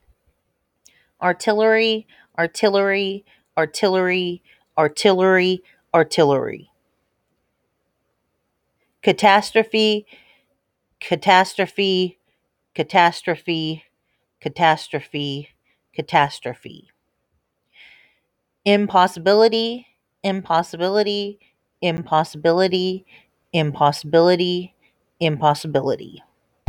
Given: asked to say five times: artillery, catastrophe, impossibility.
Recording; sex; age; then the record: three words, each repeated; female; 30 to 39 years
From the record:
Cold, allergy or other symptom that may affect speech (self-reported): no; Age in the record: 39 years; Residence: United States